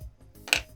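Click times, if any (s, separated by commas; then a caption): 0.5 s. A plastic brick canopy is pulled up off a LEGO Speed Champions McLaren toy car model (set 76918). A sharp snap at 0.5 s marks the brick connection letting go. The canopy comes free and exposes the Technic pieces underneath.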